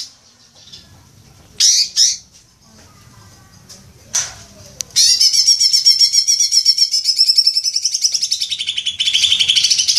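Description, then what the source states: Leafbird song: a few isolated sharp notes, then a long, rapid, warbling high trill that drops slightly in pitch. Local name cucak ijo; described as gacor, meaning singing vigorously.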